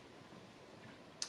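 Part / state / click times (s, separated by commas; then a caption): washer/piston on RC shock absorber shaft / seated / 1.2 s. While assembling a shock absorber for a Schumacher LD3 RC car, a small washer or piston part is pressed onto the shock shaft over quiet, low background noise. A single sharp tick at 1.2 s marks the part clipping onto the shaft and seating.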